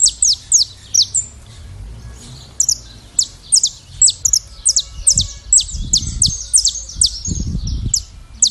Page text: CANÁRIO TERRA (Sicalis Flaveola)